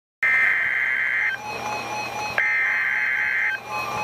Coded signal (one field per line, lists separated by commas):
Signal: Emergency Alert System (SAME) tones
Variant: header bursts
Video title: Severe Thunderstorm Warning - 08/17/15 (EAS #985)